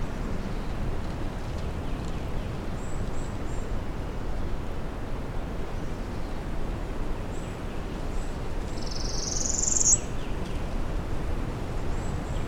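Northern parula giving one brief rising buzz that ends abruptly, with faint high chips scattered through and continuous low background noise.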